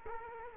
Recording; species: mosquito wingbeat signal from an infrared sensor; Culex quinquefasciatus